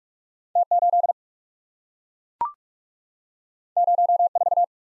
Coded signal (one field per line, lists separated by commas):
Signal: Morse code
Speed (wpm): 44 wpm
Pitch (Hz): 700 Hz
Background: none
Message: T8 04